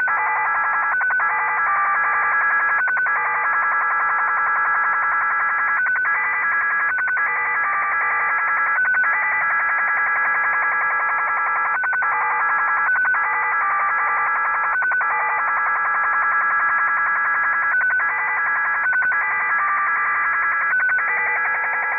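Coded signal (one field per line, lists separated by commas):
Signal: HF data modem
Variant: XSL Japanese Slot Machine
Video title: |XSL "Japanese Slot Machine"| idle broadcast 9.June 2024 11:53 UTC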